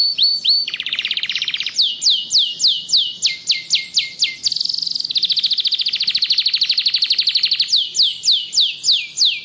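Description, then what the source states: Canary song: fast chains of high down-slurred notes alternating with buzzy rolling trills, rapid and unbroken throughout. Canary singing continuously in the song style called ngebren.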